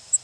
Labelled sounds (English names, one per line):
Cape May Warbler flight call